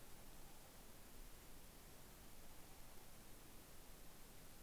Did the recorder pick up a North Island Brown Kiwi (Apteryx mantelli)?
no